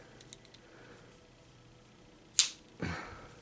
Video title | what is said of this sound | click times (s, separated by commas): Gerber Randy Newberg DTS Review | but yeah of course it didn't lock in place | none